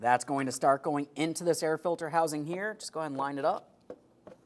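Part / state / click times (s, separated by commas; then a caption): air inlet tube into air filter housing / not seated / none. Someone talks while a plastic air inlet tube is lined up with the air filter housing on a 2008-2017 Mitsubishi Lancer during a brake master cylinder replacement. After the talking, two faint, brief handling taps are heard at about 3.9 and 4.3 seconds. The tube has not seated or clicked into the housing yet.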